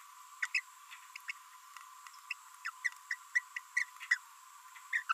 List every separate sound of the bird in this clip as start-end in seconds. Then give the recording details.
0.42-0.46, 0.54-0.60, 1.28-1.31, 2.31-2.33, 2.65-2.70, 2.85-2.88, 3.11-3.14, 3.35-3.39, 3.57-3.58, 3.77-3.83, 4.11-4.17, 4.93-5.02, 5.09-5.13. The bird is a female. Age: 30 days. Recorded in a nest box in Venezuela. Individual 17B42B1